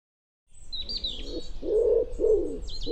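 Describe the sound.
Bird gives soft low coos building in strength, with a bright, high twittering phrase from another bird above.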